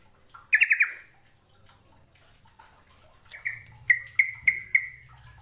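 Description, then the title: Bird song: a quick burst of four sharp chirps near the start, then a series of clicky notes about every third of a second. "Kicau Burung"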